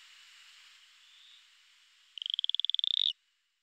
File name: Atelopus franciscus